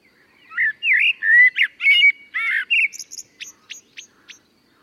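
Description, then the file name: Common blackbird singing a rich warbled phrase of mellow whistles, followed by a run of four thin, high notes. "Turdus merula"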